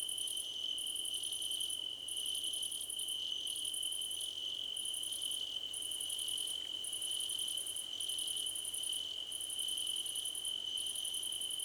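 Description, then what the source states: Crickets chirping, a steady high ringing tone under rapid pulsed trills that stop and restart at short intervals, several insects overlapping. Several crickets chirping together, described as a choir competition.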